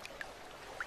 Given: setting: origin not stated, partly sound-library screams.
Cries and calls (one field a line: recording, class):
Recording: one-second piece from a danger detection set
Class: normal situation